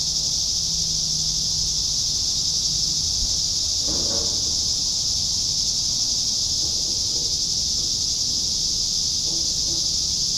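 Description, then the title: Cicadas droning together in an unbroken, loud, high-pitched buzz; a brief soft knock sounds partway through. "neoscenes: cicadas"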